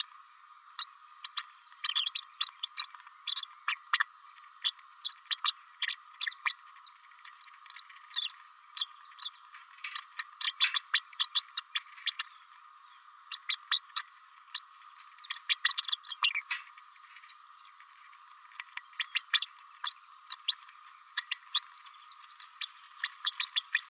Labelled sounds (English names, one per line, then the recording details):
Green-rumped Parrotlet babbling
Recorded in a nest box in Venezuela
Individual 18B104A3